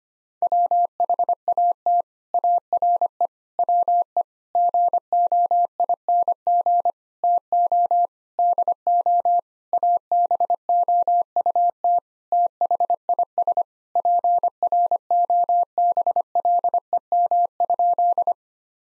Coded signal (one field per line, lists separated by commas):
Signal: Morse code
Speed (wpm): 25 wpm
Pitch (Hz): 700 Hz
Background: none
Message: WHAT ARE WE GOING TO DO ABOUT THIS PROBLEM?